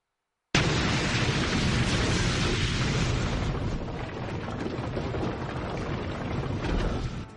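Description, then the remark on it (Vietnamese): A powerful explosion erupts from inside a sealed cave, bursting out of silence with a sudden loud crack, then rolling on like thunder in a dense, roaring rumble that stays strong for several seconds before easing slightly. “Thời gian trôi qua, khi Bảo Nhạc và con lừa ăn chừng 10 túi chân gà, một tiếng nổ mạnh kinh thiên động địa đột nhiên phát ra từ trong hang động phong ấn tần binh ở giữa.”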